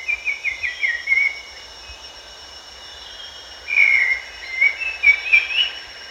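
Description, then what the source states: Grey-cheeked bulbul calling, a run of short warbled notes, then after a pause a livelier burst of bubbly rising notes, with steady high insect drone behind. Recorded at Danum on 1 April 2006.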